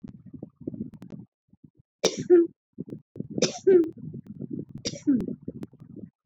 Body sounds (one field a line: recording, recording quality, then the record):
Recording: shallow voluntary cough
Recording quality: excellent, no background noise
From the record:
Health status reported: respiratory illness, not identified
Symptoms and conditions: asthma, hypertension, diabetes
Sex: female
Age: 56 years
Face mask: not worn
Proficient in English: yes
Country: India